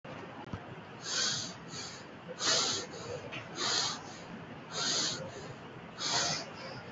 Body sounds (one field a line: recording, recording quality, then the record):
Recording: deep breathing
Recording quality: excellent, no background noise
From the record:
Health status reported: recovered from COVID-19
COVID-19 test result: positive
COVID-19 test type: RT-PCR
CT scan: taken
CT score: 0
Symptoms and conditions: cough, cold, breathing difficulty, muscle pain, chronic lung disease, pneumonia, diabetes, another condition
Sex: male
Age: 53 years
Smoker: yes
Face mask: worn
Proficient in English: no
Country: India